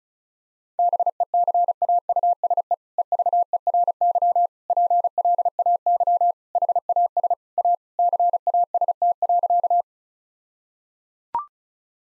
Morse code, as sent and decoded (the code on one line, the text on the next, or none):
-... . -.-. .- ..- ... . / . ...- . .-. -.-- / .--. .-.. .- -.-- / .... .- ... / .- / -.-. .- ... - .-.-.-
BECAUSE EVERY PLAY HAS A CAST.